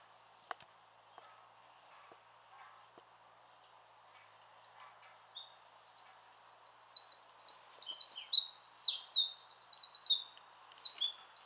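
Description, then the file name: Eurasian wren: after several quiet seconds with a few soft clicks, a Eurasian wren bursts into loud, rapid song with two shrill trills among quick high warbles. "Troglodytes troglodytes"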